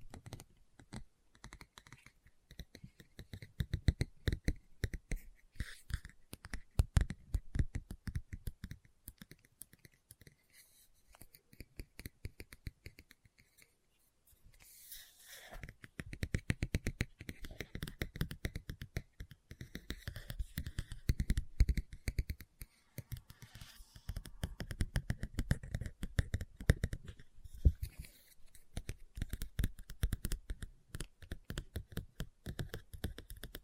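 Fingers tap and scratch on a book in dense bursts of short, dull clicks, steady for most of the stretch. Near the 14–15 second mark the tapping stops briefly and a soft, brighter rustle like a page turning comes through before the tapping resumes.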